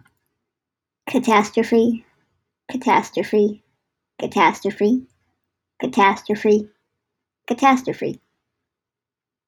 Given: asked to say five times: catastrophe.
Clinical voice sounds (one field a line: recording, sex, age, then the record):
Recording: repeated word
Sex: female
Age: 30 to 39 years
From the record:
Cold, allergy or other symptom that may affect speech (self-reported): no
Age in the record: 38 years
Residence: Maryland, United States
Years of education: 14